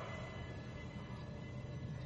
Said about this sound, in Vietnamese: Tiếng sấm chớp đùng đoàn bày tỏ sự phẫn nộ của thần thánh. Chớp rạch ngang đánh một tia xuống mặt đất ngay phía sau thánh quỷ, sáng lòa lên.